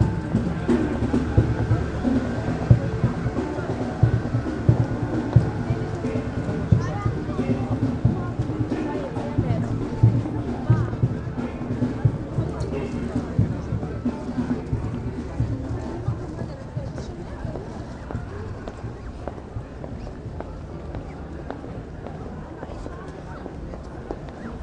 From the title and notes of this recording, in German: In dieser Folge habe ich mich in den Weihnachtstrubel der Kölner Innenstadt begeben, um für euch Impressionen zu sammeln. Vom Wallraf-Platz über die Hohe Straße zum Weihnachtsmarkt "Am Alter Markt" und über die Schildergasse. Klingt die Kölner City im Dezember, 3 Wochen vor Weihnachten.